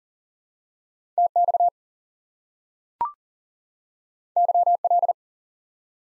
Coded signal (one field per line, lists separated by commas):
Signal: Morse code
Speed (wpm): 40 wpm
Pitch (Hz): 700 Hz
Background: none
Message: TX YL